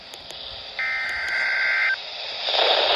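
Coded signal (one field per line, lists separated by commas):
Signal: Emergency Alert System (SAME) tones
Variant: header bursts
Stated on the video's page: Severe thunderstorm warning on weather radio station KHB38 and FM station WLRB-FM.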